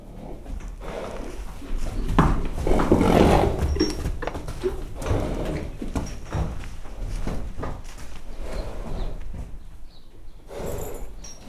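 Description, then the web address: Horse stirring loudly, with rapid uneven knocks, creaks and shuffling, plus brief faint high chirps. Tied horse in a stable in a farmyard, rustling while its mate peeks in. "allathangok parasztudvar lo istallobabekotottloneszezese aparjabekukkanthozza"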